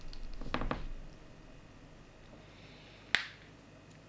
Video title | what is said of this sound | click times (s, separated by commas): MG Gundam RX-78-02 ver.3.0 - partie 2 (2024/04/06) | yep click into place means always good | 3.1 s